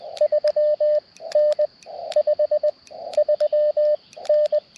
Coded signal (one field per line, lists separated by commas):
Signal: Morse code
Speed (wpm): 20 wpm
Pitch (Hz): 600 Hz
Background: radio noise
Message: 3N 53N